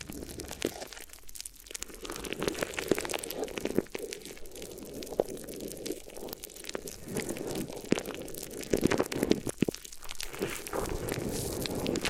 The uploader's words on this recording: ASMR Addictive Crinkly Ear Massage (No Talking).